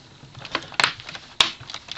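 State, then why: Seated. A laptop's plastic cover panel is pressed down by hand at its back end with moderate pressure. Light plastic creaks and taps lead up to a sharp snap at 1.4 s as its clips snap into the chassis and the panel seats.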